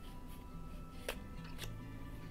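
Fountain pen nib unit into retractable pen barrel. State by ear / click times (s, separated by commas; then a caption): seated / 1.1 s. A fountain pen's nib unit, with its cartridge or converter, is inserted into the body of a Pilot Vanishing Point 30th Anniversary Taiwan retractable pen in a set orientation. A single sharp click at 1.1 s marks the nib unit locking into the barrel, with steady background music underneath.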